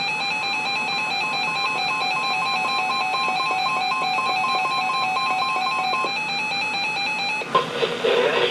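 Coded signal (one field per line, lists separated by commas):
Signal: none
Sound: music jingle tones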